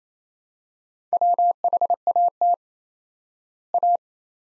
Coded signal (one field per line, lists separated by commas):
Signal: Morse code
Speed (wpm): 28 wpm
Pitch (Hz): 700 Hz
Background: none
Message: WHAT A